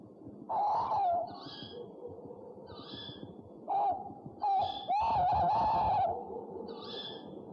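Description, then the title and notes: Owl calls: wavering tonal notes with harmonics, the longest near the end, mixed with several short higher notes over a noisy background. One of 69 call variants from 11 owl species in a compilation of owl voices. "Sovy - Eulen - Owls. 69 variant hlasů - 11 druhů sov"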